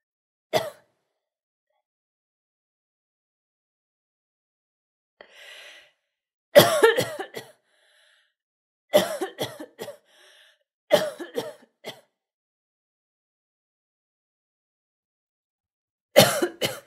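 Bouts of three to four sharp, harsh coughs from an adult woman, with pauses between; a sound effect.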